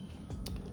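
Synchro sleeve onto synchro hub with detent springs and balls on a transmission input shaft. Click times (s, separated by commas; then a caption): 0.5 s. A steel synchro sleeve is pushed onto the synchro hub of an MTX-75 manual transmission input shaft, sliding over detent springs and balls that sit in holes under a plate and are held by the sleeve's teeth. A soft contact at 0.3 s leads to a sharp, bright snap at 0.5 s as the sleeve seats over the detent balls, followed by a fainter tick at 0.6 s.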